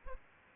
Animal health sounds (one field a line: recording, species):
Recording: mosquito wingbeat signal from an infrared sensor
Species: Culex pipiens